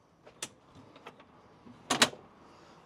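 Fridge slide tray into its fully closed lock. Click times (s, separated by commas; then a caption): 1.9 s, 2.0 s. A metal slide tray for an ICECO APL35 fridge is pushed the rest of the way in, with a sharp tick at 0.4 s and a few faint ticks around 1.0–1.2 s. Two loud latch clicks follow at 1.9 s and 2.0 s as the tray locks fully into its closed position.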